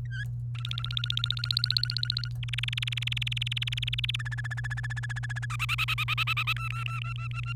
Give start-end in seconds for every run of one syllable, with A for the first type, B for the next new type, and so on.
0.05-0.24 A, 0.55-2.28 B, 2.43-4.16 C, 4.19-5.46 D, 5.50-6.53 E, 6.57-7.53 F